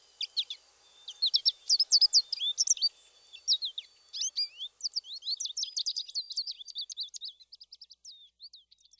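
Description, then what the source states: American goldfinch singing a long, rapid jumble of high chips, twitters and trills with a few whiny slurred notes, continuing throughout. Song includes whiny notes and the pachikari call, the diagnostic flight call, within an exuberant outburst of chips, twitters and trills.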